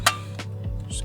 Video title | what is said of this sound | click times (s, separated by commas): Honda Civic Apple CarPlay, Android Auto Upgrade - Car Audio & Security | like so and you should hear it click there we go that's fine | 0.1 s